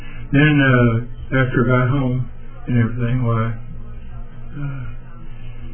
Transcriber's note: none